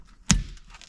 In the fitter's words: Kind of snaps into place like that.